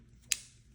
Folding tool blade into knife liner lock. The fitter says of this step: So this, by the way, this locks in place